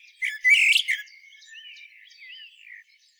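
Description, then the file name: Common blackbird song fragment: a short, loud, rich burst, followed by soft, sliding, warbled notes that fade out. "Turdus merula"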